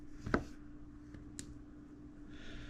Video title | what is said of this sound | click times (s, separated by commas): Redcat Ascent18 - Simple Upgrades Part 2 - 10 Minute Upgrade | you'll hear it pop | 0.3 s